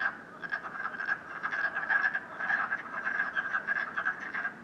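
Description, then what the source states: Frogs croaking in a steady chorus, many rapid pulsed calls overlapping with no pause. Frogs croaking at night in Canada, recorded during COVID-19.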